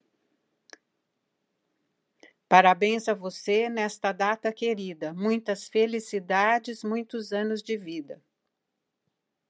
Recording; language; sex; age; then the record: short text; Brazilian Portuguese; female; 60 to 69 years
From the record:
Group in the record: control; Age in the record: 69 years